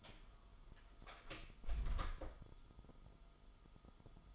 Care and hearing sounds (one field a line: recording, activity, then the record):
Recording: daily activity, microphone in the room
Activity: close door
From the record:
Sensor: 5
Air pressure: 1005.1 hPa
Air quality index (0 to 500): 94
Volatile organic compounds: 2 ppm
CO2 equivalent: 1147 ppm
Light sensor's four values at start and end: 35/81/33/31 and 35/82/33/32